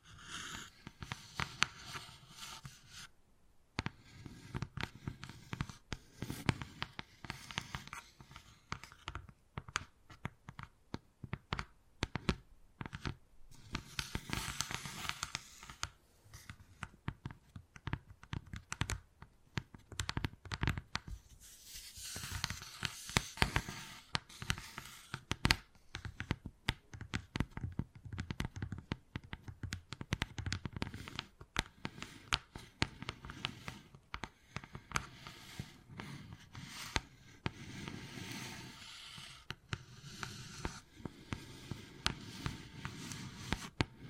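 Wood carving, with dense runs of quick tapping and scraping strokes on wood throughout. The cuts come in irregular bursts, with a brief pause near four seconds and softer, rougher scratching around twenty-one seconds and again near forty-two.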